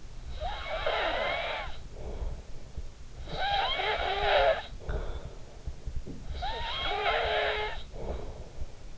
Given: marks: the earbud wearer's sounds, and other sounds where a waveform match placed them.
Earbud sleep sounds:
sounds in sleep by an in-ear microphone; snoring breath
0.07-2.70 s: snoring breath
3.13-6.01 s: snoring breath
6.24-8.98 s: snoring breath

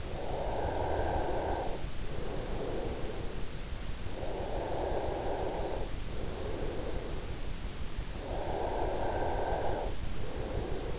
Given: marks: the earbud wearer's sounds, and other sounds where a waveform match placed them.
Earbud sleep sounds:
sounds in sleep by an in-ear microphone; breath
0.00-3.00 s: breath
4.00-10.99 s: breath

